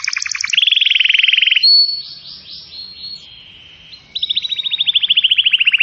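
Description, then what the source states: Atlantic canary song with a rapid trill, a low rolling tour, a quieter warbled passage, then a loud fast rattling trill. Song used to lure birds.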